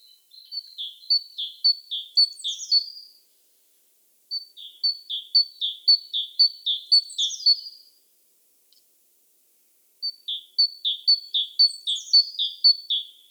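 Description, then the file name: Great tit song: bright two-note 'teacher' phrases repeated several times per burst, three bursts separated by short pauses, with a few higher notes above. "Parus major"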